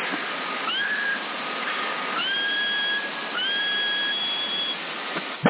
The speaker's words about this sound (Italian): Sì, sì, esatto, quando c'è, diciamo, il picco continuo del fischio, sì, quasi 9, dai, più di 8 e mezzo.